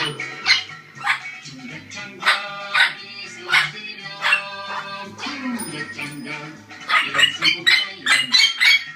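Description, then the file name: Orange-winged amazon calling with grating, harmonic squawks, spaced irregularly at first, then quicker and denser near the end, over a faint low hum. "venesuelskii amazon poyot"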